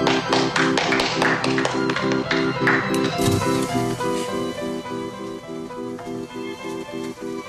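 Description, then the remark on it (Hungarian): A burst of clapping from a group in a film scene, following a speech about success in a classroom with water-stained walls, dense and loud at first, then thinning out and fading after a few seconds, with a steady pulsing musical tone running underneath. “Jó, hát ugye a fater elmondja a sikert, és egy ilyen tapsolás.”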